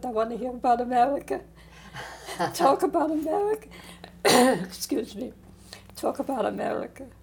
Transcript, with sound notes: I want to hear about America." [Laughs] Talk about America. [Coughs] Excuse me. Talk about America.